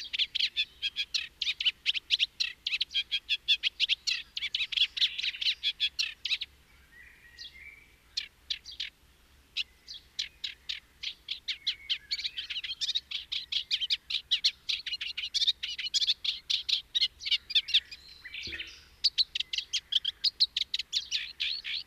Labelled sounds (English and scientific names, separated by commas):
Eurasian Reed Warbler (Acrocephalus scirpaceus) song